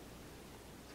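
A magazine holder is being handled against the Picatinny rail of an Artemis P15 air rifle. Only a steady, broadband noise-like hiss is heard, with no distinct click and no talk. The holder has not seated or clicked onto the rail yet.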